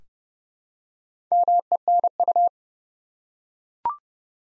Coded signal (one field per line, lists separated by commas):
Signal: Morse code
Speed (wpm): 30 wpm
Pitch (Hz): 700 Hz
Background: none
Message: MENU